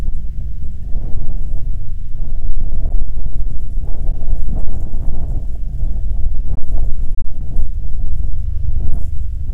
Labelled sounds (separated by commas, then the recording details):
wind
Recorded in the Prudhoe Bay oil fields, Alaska, on 21 June 2019 at 10:57
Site 22